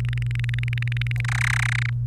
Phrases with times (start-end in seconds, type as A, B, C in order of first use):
0.00-1.21 A, 1.25-1.90 B